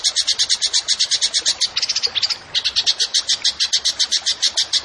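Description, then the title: Bird singing a rapid series of high, bright chip notes, steady and rhythmic, briefly broken by a jumbled twittering burst midway. Songbird singing actively (gacor) in 'tembakan' style, for training songbirds (masteran). "Masteran Burung Tembakan Gacor"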